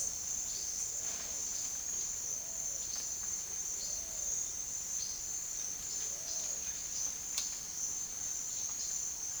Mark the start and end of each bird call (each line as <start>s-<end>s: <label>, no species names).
0.62s-6.68s: bird call